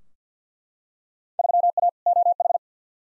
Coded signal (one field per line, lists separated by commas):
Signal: Morse code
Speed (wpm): 50 wpm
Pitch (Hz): 700 Hz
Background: none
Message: 3A OH